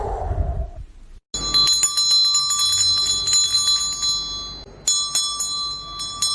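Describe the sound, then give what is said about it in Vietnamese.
A small bell hung on the door of a small inn rings at midnight in bright, clear peals, its high metallic tones shimmering and sustaining, then struck again near the end with a fresh jangling burst after a brief low rumble at the start. “Chuông kinh hồ treo trên cửa rung lên từng hồi lanh lảnh.”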